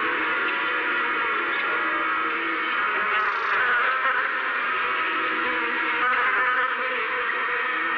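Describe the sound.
Insects making a steady, rich whining buzz, with a faint higher tone briefly added near the middle and otherwise even throughout.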